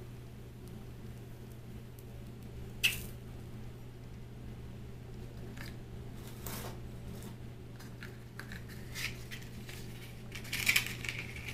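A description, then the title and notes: Match and candle sounds over a steady low hum, with a sharp glassy tap near three seconds and a brighter scratchy burst near eleven. Match Lighting Extinguishing. Tapping. Glass Sounds. Candles.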